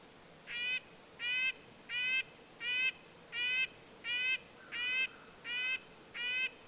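Red-breasted nuthatch giving a steady series of nine nasal, tinny yank calls, regularly repeated roughly every three quarters of a second.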